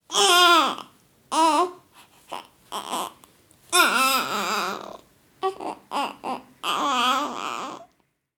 Newborn Baby cry.